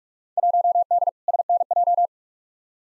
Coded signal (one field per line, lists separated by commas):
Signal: Morse code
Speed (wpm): 46 wpm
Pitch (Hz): 700 Hz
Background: none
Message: 1D SNJ